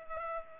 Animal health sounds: mosquito wingbeat signal from an infrared sensor; Culex pipiens

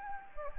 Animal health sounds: mosquito wingbeat signal from an infrared sensor; Anopheles gambiae

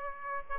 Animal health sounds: mosquito wingbeat signal from an infrared sensor; Aedes aegypti

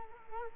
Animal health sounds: mosquito wingbeat signal from an infrared sensor; Culex quinquefasciatus

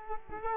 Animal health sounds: mosquito wingbeat signal from an infrared sensor; Culex quinquefasciatus

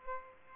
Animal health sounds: mosquito wingbeat signal from an infrared sensor; Aedes aegypti

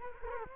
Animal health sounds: mosquito wingbeat signal from an infrared sensor; Culex quinquefasciatus

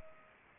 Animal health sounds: mosquito wingbeat signal from an infrared sensor; Anopheles arabiensis

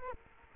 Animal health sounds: mosquito wingbeat signal from an infrared sensor; Culex quinquefasciatus

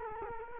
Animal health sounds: mosquito wingbeat signal from an infrared sensor; Culex quinquefasciatus

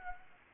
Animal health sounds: mosquito wingbeat signal from an infrared sensor; Aedes aegypti

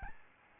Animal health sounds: mosquito wingbeat signal from an infrared sensor; Aedes albopictus

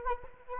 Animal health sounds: mosquito wingbeat signal from an infrared sensor; Anopheles arabiensis

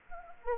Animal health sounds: mosquito wingbeat signal from an infrared sensor; Anopheles arabiensis

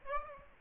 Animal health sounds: mosquito wingbeat signal from an infrared sensor; Aedes aegypti

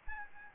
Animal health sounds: mosquito wingbeat signal from an infrared sensor; Aedes albopictus

